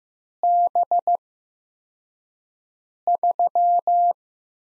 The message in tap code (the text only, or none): none